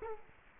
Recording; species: mosquito wingbeat signal from an infrared sensor; Culex quinquefasciatus